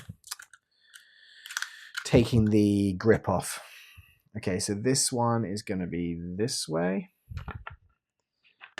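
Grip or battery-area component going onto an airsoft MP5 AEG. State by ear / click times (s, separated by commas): seated / 8.8 s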